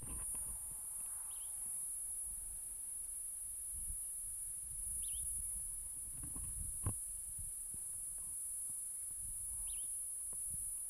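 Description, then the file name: Platypleura catenata cicada song: a continuous shrill, high-pitched drone without pauses over a gusty low rumble, with a few faint bird notes and one sharp click. Recorded near Hankey, South Africa, on 17 January 2008. "P catenata nr Hankey ( 17 th Jan 2008"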